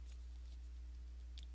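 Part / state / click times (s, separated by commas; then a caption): plastic toy robot part into its body joint / partly seated / 1.4 s. A plastic part of a Diaclone Reboot DA-47 Trivers Tridigger transforming robot toy is pushed into its body joint during transformation, over a steady low hum. One faint, short click is heard at 1.4 s. The part clicks but is not fully home and does not lock solidly.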